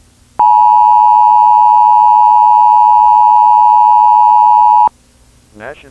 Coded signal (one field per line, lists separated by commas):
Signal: Emergency Alert System (SAME) tones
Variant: 853 and 960 Hz attention tone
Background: speech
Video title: Eas